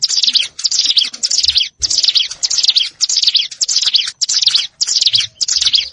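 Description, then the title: Plain prinia song: high buzzy phrases repeated about every half second, steady and insistent, with faint low knocks beneath. Recorded in a rice field (sawah). "Ciblek Sawah"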